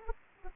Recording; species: mosquito wingbeat signal from an infrared sensor; Anopheles arabiensis